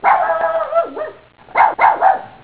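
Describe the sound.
Dog barking: a long, drawn-out whining bark that wavers in pitch, a brief pause, then two sharp short barks in quick succession.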